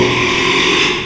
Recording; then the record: squeal of a Yucatan mini pig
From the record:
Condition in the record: after surgery on the right vocal fold (resection and tissue-engineered implant); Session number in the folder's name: 1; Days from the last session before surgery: 6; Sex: male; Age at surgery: 12 weeks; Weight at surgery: 13 kg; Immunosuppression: cyclosporine, prednisolone